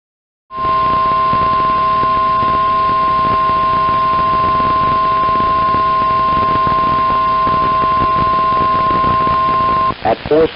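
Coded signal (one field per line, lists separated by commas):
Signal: Emergency Alert System (SAME) tones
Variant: 1050 Hz attention tone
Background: speech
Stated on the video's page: Real severe weather alerts with valid SAME headers.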